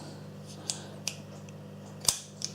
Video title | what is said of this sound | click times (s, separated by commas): Stripping and Tuning the HW97KT Part 2 - The Tuning/Polishing process | nice solid click so it | 2.1 s